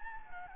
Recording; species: mosquito wingbeat signal from an infrared sensor; Anopheles gambiae